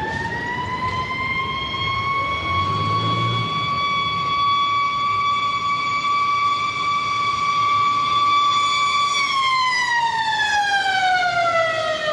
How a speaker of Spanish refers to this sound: Cuando escuches la sirena, estaremos pasando por tu vivienda.